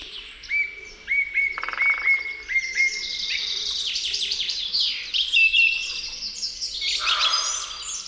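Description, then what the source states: Song Thrush song: repeated clear fluted notes, then varied rapid phrases, with other birds calling. In forest at dawn in April; one of the leading forest singers, delivering varied flute-like phrases.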